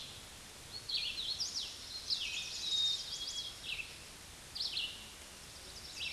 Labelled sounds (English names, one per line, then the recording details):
Hooded Warbler song
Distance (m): 45 m
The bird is about 15 m above the microphone
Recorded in a Pennsylvania forest on 16 May 2024 at 09:44
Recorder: AudioMoth, point MSD-2164
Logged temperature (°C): 15.8 °C
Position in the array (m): 158 m, 108 m